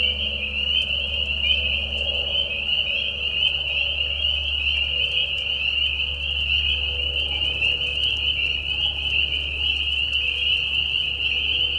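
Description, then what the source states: Dense spring peeper chorus, countless high peeps forming a steady ringing tone, with a persistent low hum beneath. Mating call chorus in a marsh at night during a very short spring season, Tiny Marsh Conservation Area, Tiny, Ontario; high whistles at low volume.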